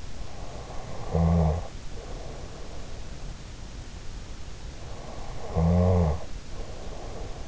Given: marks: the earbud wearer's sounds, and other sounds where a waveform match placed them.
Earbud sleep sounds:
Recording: sounds in sleep by an in-ear microphone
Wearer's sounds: snoring breath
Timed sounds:
0.83-2.80 s: snoring breath
4.80-7.48 s: snoring breath

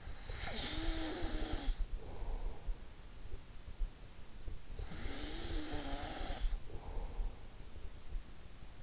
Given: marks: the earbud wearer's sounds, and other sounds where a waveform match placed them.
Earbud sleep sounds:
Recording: sounds in sleep by an in-ear microphone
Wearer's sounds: snoring breath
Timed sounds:
0.00-3.07 s: snoring breath
4.93-7.60 s: snoring breath

